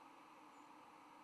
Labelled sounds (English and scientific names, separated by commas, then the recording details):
White-throated Sparrow (Zonotrichia albicollis) flight call
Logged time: 06:11 on 10 November 2014